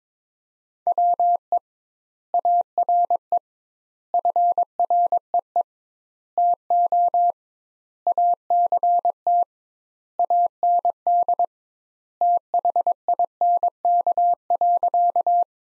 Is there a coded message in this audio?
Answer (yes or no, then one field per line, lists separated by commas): yes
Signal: Morse code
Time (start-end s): 0.9-15.4 s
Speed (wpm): 21 wpm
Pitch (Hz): 700 Hz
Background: none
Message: WE ARE FREE TO ACT AND THINK.